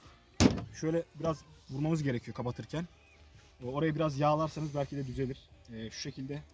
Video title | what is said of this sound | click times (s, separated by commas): 25000 TL YENİ MOTOR ALDIK RKS AZURE 50 PRO MODELİ HEM İNCELEDİK HEMDE EĞLENDİK. | de çıt diye ses geliyor kitleniyor şunu kapatırken biraz zorlanıyor daha yeni olduğu için | 0.4 s